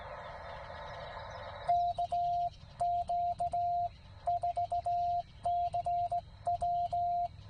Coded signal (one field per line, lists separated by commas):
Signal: Morse code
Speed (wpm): 16 wpm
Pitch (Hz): 700 Hz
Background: radio noise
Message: KQ4CW